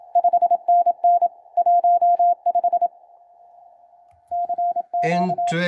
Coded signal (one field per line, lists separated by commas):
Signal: Morse code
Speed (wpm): 27 wpm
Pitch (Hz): 700 Hz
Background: speech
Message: 5NN 15 CQ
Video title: QCX-mini + CAT+ CW + N1MM logger: everything over ONE cable!